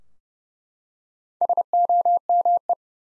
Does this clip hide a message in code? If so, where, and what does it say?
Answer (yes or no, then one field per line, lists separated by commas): yes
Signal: Morse code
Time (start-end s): 1.4-2.7 s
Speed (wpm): 30 wpm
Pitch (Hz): 700 Hz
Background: none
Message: SOME